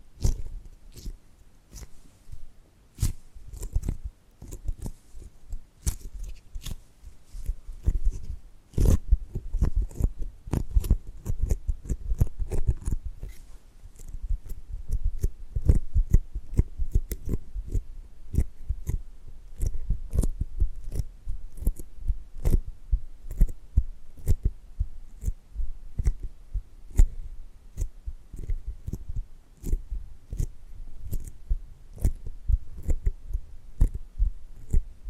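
Tapping and gripping sounds: rapid, uneven taps and clicks come densely throughout, each a sharp dry snap with a dull low thump beneath. The pace stays busy for the full half-minute, with brief thicker clusters of handling and rubbing around eight to thirteen seconds.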